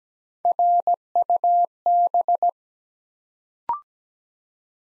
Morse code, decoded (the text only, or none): RUB